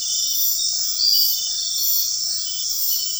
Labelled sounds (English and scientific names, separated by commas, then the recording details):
none
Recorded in dense forest near Puerto Asís, Putumayo, Colombia, on 18 February 2024 at 20:00
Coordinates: 0.500, -76.322
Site G6465